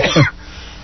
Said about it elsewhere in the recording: He and I both have small children who have given us every manner of illness going on. Let's just cough it out.